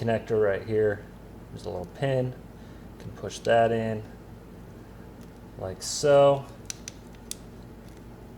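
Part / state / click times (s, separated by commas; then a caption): wiring harness connector on a motorcycle exhaust sensor lead / seated / 6.7 s. A man talks while pushing the plastic wiring harness connector on a motorcycle exhaust sensor lead, the one with a small release pin, back together during an aftermarket exhaust install. The connector snaps into place with a sharp click at 6.7 s, followed by a few more short clicks.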